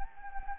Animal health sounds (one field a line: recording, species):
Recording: mosquito wingbeat signal from an infrared sensor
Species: Anopheles gambiae